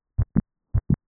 Dog Split S2.